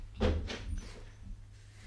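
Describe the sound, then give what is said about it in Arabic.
A door swings shut with a heavy wooden thud, followed quickly by a second knock and a fainter rattle as it settles, then a low hum lingers. “خد الباب وراك.”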